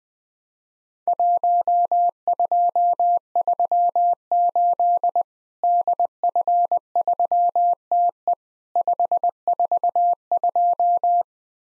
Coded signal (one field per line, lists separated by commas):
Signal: Morse code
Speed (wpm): 21 wpm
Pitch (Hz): 700 Hz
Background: none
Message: 1238 DF3TE 542